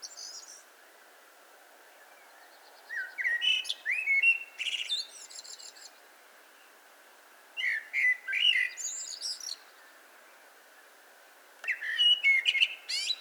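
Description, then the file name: Eurasian blackbird delivering three separate song phrases a few seconds apart, each a low flutey warble closing in high scratchy twitters. "Turdus merula"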